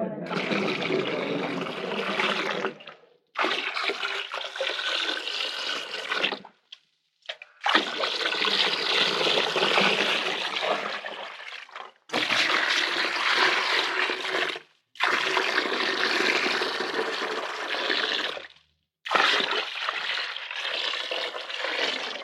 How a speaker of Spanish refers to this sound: Esas seis grandes tinajas de piedra están vacías. Llenadlas de agua. ¿Para qué? Haced lo que él os diga. Bien, señora. Llenad las seis hasta los bordes.